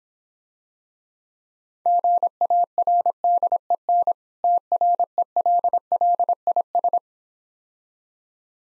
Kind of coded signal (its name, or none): Morse code